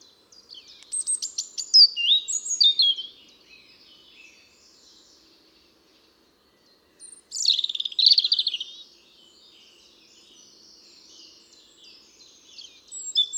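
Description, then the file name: European robin song: two high, thin warbling phrases of quick twittering and sliding notes, separated by a long silent pause of about four seconds, with a third phrase starting at the very end. "Erithacus rubecula"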